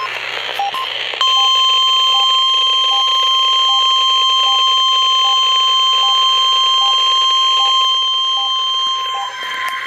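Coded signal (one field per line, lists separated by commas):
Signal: Emergency Alert System (SAME) tones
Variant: 1050 Hz attention tone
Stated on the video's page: Required Weekly Tests from NOAA Weather Radio stations.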